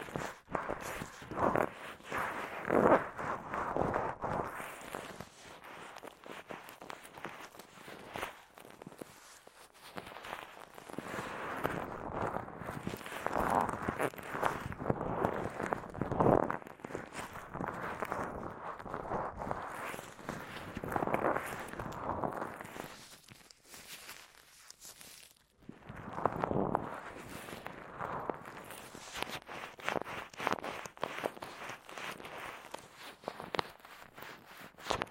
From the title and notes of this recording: ASMR×KU100 | 手套耳朵按摩 | Gloves Ear Massage.